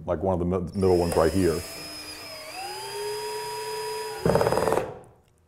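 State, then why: Torque reached. Someone talks, then a cordless drill set to a low clutch number whirs as it drives a screw into a speaker mount. Once the screw is snug, the clutch slips with rapid clicks at about 4.7, 4.7 and 4.8 seconds, so the tip stops turning and the screw is kept from being stripped.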